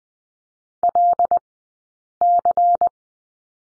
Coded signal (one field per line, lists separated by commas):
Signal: Morse code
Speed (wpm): 20 wpm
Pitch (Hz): 700 Hz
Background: none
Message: LC